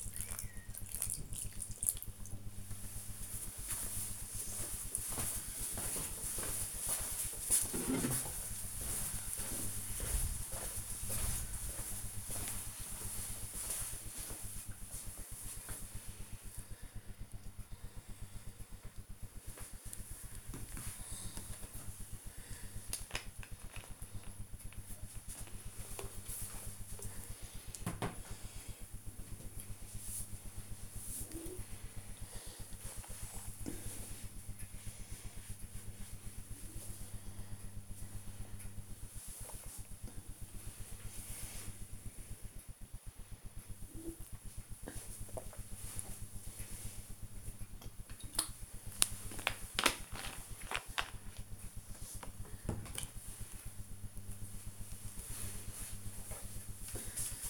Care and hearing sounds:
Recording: household activities, microphone on the right wrist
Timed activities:
0.00-2.31 s: watering plant
21.46-52.70 s: drinking

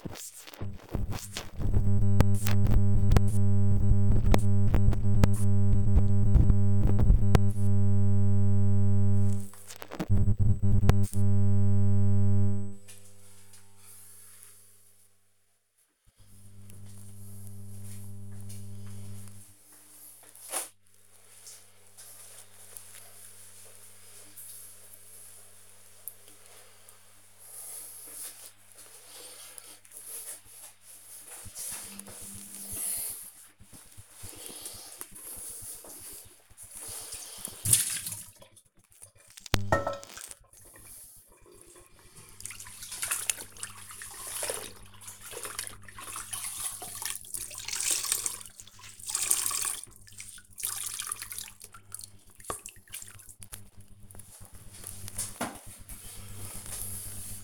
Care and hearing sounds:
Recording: household activities, microphone on the right wrist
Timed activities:
0.00-15.64 s: cleaning the cupboard
0.00-57.44 s: kitchen

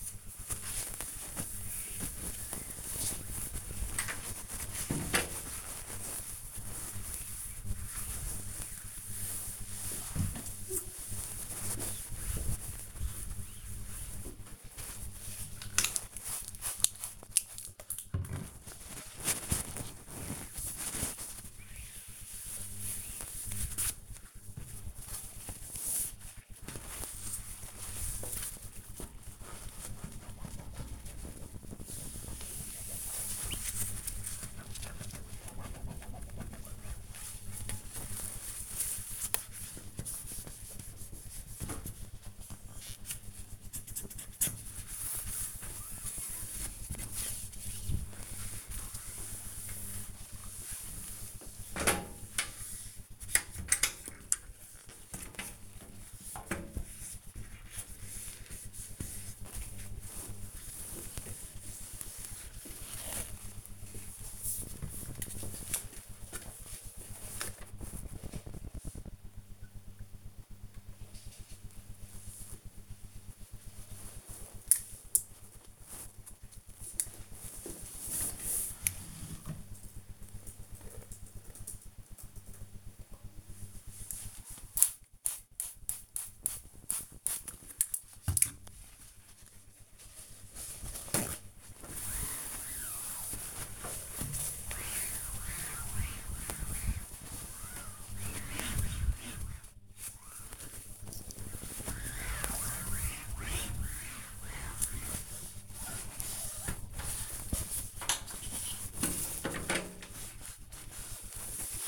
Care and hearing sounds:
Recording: household activities, microphone on the right wrist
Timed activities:
0.00-70.73 s: cleaning door
51.60 s: note: glass door
82.83-111.88 s: cleaning door
89.89 s: note: glass door

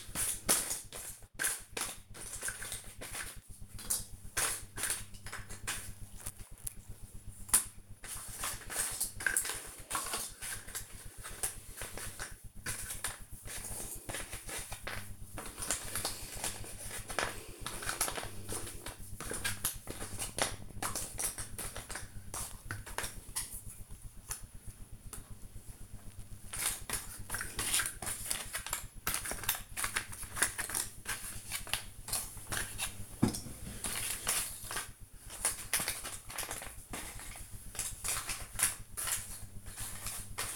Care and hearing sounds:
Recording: household activities, microphone on the right wrist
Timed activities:
0.00-40.56 s: doing a puzzle

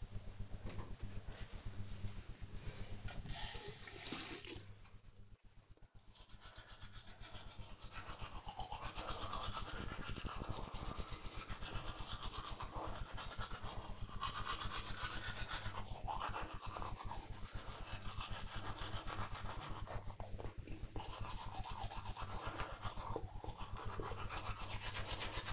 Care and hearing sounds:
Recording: household activities, microphone on the right wrist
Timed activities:
0.11-25.53 s: brushing teeth

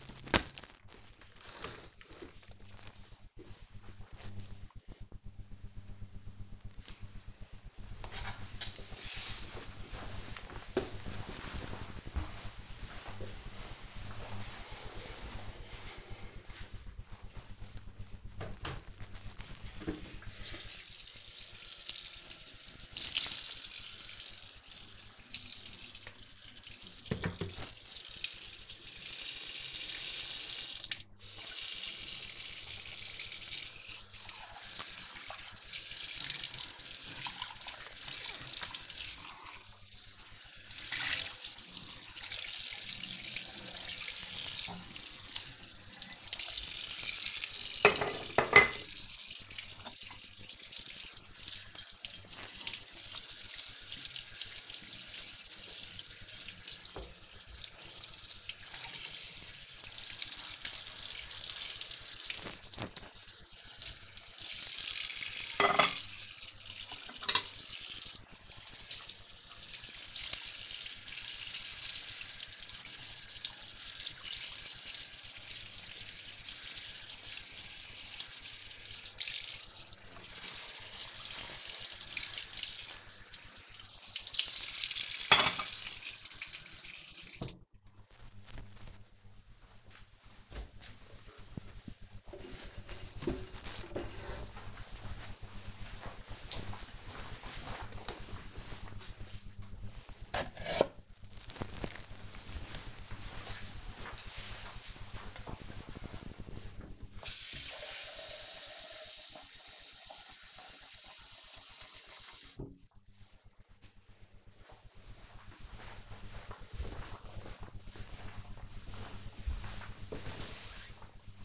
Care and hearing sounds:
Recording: household activities, microphone on the right wrist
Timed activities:
15.79-87.29 s: washing dishes
99.36-121.45 s: watering plant

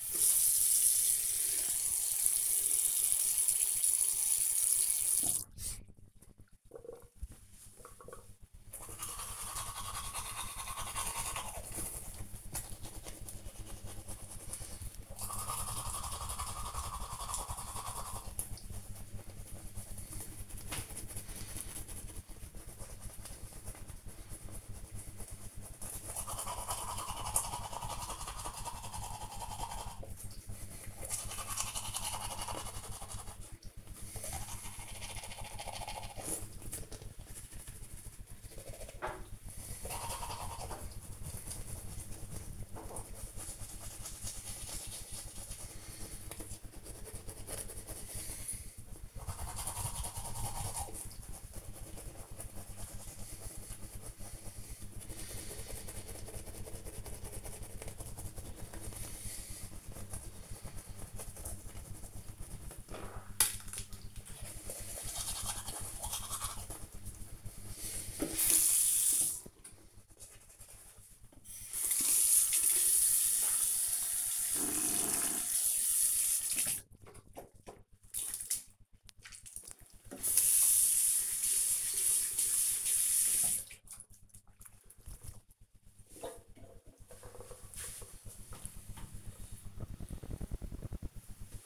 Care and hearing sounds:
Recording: household activities, microphone on the right wrist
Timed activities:
0.00-80.14 s: brushing teeth

